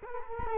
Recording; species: mosquito wingbeat signal from an infrared sensor; Culex quinquefasciatus